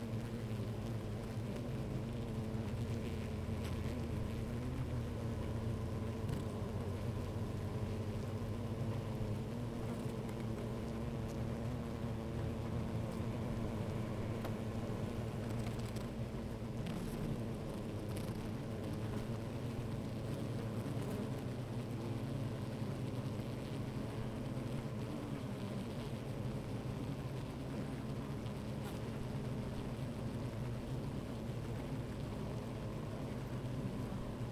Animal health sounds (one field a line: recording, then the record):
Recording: honeybee colony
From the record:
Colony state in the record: active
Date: 28 July 2017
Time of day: 12:32